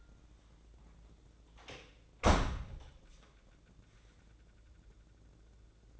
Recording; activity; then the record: daily activity, microphone in the room; close door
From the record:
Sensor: 3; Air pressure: 1012.3 hPa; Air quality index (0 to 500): 174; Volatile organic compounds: 3 ppm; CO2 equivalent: 1339 ppm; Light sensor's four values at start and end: 606/1506/624/642 and 608/1511/626/645